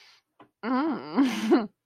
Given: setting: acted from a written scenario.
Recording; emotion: vocal sound without words; desire